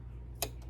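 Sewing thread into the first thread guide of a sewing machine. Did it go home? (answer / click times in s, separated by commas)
yes / 0.4 s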